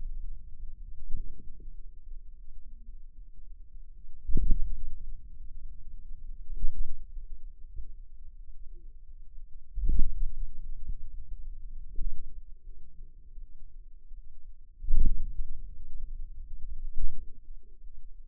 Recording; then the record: forearm muscle sounds (acoustic myography)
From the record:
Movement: ulnar deviation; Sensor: system 2, bracelet of six BSWA MPA416 microphones around the upper forearm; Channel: 5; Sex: female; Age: 23 years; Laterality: right